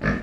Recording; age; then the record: pig call; growing-finishing pig (85 days or more)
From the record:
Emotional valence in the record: negative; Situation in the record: barren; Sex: male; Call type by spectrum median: low-frequency call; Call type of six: low-frequency stable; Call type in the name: low-frequency stable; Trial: 2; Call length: 0.23 s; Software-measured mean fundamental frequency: 49 Hz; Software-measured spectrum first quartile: 193 Hz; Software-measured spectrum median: 557 Hz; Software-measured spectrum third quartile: 1551 Hz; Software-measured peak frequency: 227 Hz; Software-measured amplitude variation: 158 dB a second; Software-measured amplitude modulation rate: 28.4 a second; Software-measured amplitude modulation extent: 5.6 dB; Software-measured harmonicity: 1.1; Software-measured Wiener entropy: -1.54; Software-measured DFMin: 645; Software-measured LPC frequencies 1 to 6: 1344, 1733, 2351, 4519, 5546, 7281 Hz